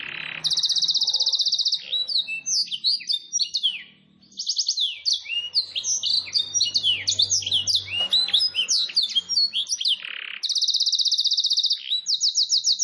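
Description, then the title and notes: Domestic canary: opening buzzy trill, then a dense stream of rising and falling chirps, ending with more sustained rattling trills. Long, highly active canary song used as a training master song and as a lure for wild canaries. "Pikat Kenari GACOR PANJANG INI Cocok Untuk Masteran KENARI LIAR. Masteran burung kenari gacor parah"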